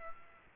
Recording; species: mosquito wingbeat signal from an infrared sensor; Aedes aegypti